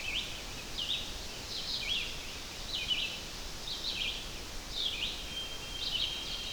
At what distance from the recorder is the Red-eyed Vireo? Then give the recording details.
about 35 m. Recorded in boreal forest in Alberta, Canada, on 12 June 2016 at 05:09. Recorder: SongMeter 3, array SBT-3-18. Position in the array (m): 249 m, 108 m